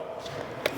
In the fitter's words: facilement vous allez entendre un clic qui va se passer après ça quand on est branché